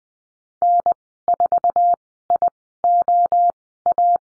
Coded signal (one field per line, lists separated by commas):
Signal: Morse code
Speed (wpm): 20 wpm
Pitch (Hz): 700 Hz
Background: none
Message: N4IOA